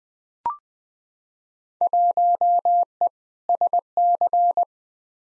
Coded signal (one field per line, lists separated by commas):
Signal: Morse code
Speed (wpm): 20 wpm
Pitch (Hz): 700 Hz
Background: none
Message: 1E SC